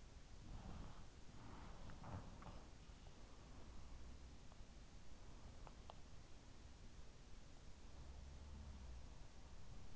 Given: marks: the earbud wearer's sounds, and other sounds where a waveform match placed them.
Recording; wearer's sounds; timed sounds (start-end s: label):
sounds in sleep by an in-ear microphone; body movement
0.00-2.86 s: body movement
7.84-9.31 s: sound from someone else or the room